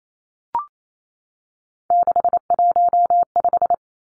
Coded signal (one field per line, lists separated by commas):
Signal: Morse code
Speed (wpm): 28 wpm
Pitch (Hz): 700 Hz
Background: none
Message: 615